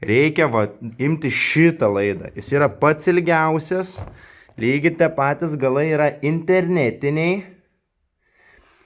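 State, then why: Seated. Someone talks while the longest network (RJ45-type) cable from the timing system's control console is plugged into its socket. A single sharp click is heard at 8.8 s as the plug seats, locking in the same way as the short cable did earlier.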